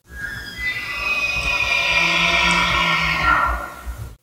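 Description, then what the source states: Elk bugle: a long, shrill, whistling scream with strong overtones, held about four seconds with slight wavering. Male elk bugling, recorded by hikers in the Great Smoky Mountains, North Carolina, late September 2018; fall mating season call signalling strength to females and warning rival bulls.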